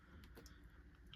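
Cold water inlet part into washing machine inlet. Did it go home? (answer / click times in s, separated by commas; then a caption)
yes / 1.1 s. After sediment is cleared from the cold-water inlet, a part is pushed back into the washing machine's inlet, with light handling noises around 0.2 s and 0.5 s. A small, sharp click at 1.1 s marks it seating in place.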